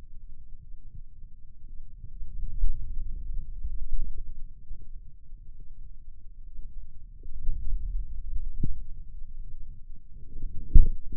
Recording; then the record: forearm muscle sounds (acoustic myography)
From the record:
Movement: pen grasping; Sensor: system 2, bracelet of six BSWA MPA416 microphones around the upper forearm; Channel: 2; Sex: male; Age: 22 years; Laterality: right